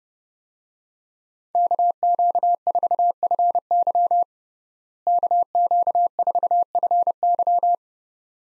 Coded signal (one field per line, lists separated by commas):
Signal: Morse code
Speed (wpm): 30 wpm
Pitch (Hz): 700 Hz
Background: none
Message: KQ4FY KQ4FY